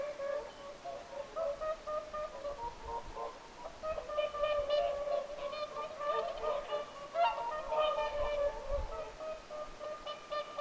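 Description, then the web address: Whooper swans calling as a flock, a steady chorus of nasal, trumpeting honks that overlap continuously. Several whooper swans calling at Lintulahti, 6 November 2025. "paivat 6 11 2025 laulujoutsenten aantelya lintulahdella n"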